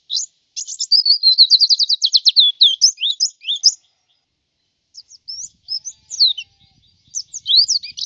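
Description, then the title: White-eye delivering a rapid, even trill of high notes that loosens into scattered twittering chirps, with more twittering after a short pause. "Suara burung pleci"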